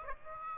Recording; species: mosquito wingbeat signal from an infrared sensor; Aedes aegypti